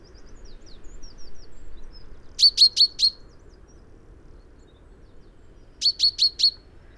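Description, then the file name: Common chaffinch calling in two bursts of four sharp, ringing notes a few seconds apart, with softer thin chirps before the first burst and a low hum underneath. "Fringilla coelebs"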